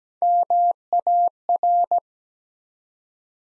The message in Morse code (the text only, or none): MAR